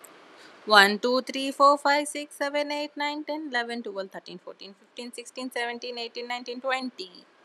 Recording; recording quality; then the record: counting at a fast pace; excellent, no background noise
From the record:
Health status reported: healthy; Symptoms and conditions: none ticked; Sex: female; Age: 30 years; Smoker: not ticked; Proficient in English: yes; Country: India